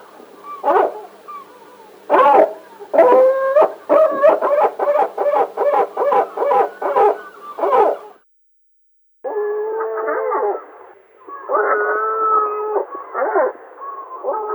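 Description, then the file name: Gull call series, a long string of loud yelping nasal notes with steady harmonics, then a brief gap and more drawn, wailing mewing cries. "CHajka morskaja"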